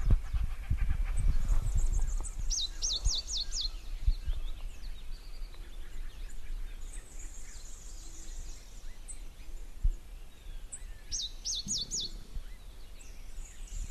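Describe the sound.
White-winged brush finch giving two short bursts of a few high, bright, downslurred notes, separated by a long pause, over low rumbling background noise.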